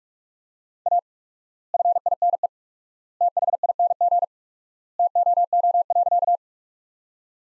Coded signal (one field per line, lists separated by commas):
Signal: Morse code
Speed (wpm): 44 wpm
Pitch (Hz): 700 Hz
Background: none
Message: A FINE THING TOO.